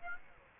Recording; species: mosquito wingbeat signal from an infrared sensor; Aedes aegypti